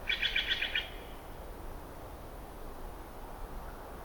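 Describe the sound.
Steller's jay uttering one brief rapid series of harsh, scratchy notes at the start, then only quiet background noise.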